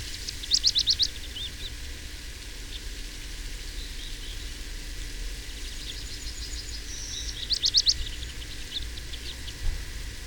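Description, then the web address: Leaf warbler song: short bursts of rapid, high, thin repeated notes, one near the start and another about seven seconds later, over a steady low rushing background. Recorded at Lohja, Finland, on 7 June 2009. "Linnut Phylloscopus lohja"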